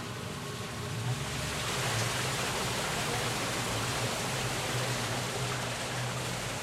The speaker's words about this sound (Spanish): De hecho está frío, se siente que está el agua corriendo. Ese tubo es el que se conecta a las tuberías subterráneas, que aunque no los vemos, son las que distribuyen el agua a las casas.